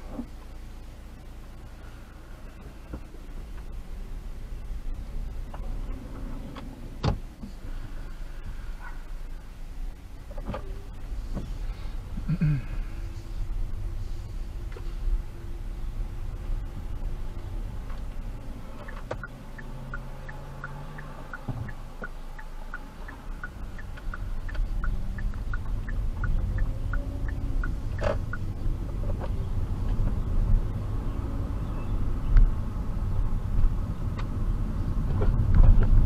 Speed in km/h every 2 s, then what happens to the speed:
0, 0, 0, 0, 0, 0, 0, 0, 0, 0, 0, 0, 0, 0, 0, 0, 6, 8.
0-30 standing. 30-36 pulls away to 8.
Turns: none.